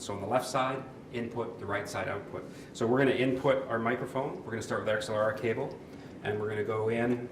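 An XLR microphone cable is handled at the input jack of a Tascam DR60 portable audio recorder while someone talks throughout. No sharp tick is heard, and nothing has seated or clicked into the input yet.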